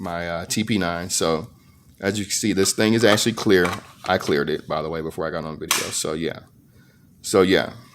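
Someone talks while handling a cleared TP9 pistol that is about to be pushed into a clear kydex holster with retention. There are a few brief handling noises between the speech, but the pistol has not seated or clicked into the holster yet.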